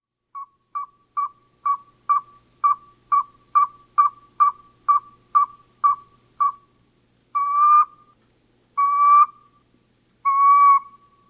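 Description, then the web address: Northern saw-whet owl giving a fast series of about fourteen short, evenly spaced whistled toots, followed by three longer, drawn-out whistled notes. "Thumbs Plus Zoo Field Guide"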